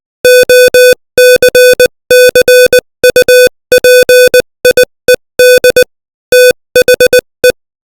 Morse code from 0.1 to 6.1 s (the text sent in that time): OCCUPIED